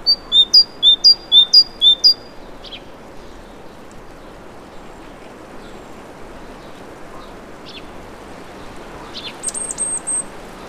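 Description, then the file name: Great tit gives a quick series of ringing two-note whistles for about two seconds, then near silence with faint scattered chips and a brief high trill near the end. "Parus major"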